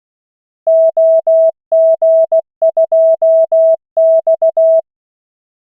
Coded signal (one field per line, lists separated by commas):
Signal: Morse code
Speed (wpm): 16 wpm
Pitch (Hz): 650 Hz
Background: none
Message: OG2X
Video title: Learning morse code - LCWO Callsign practice - 16 WPM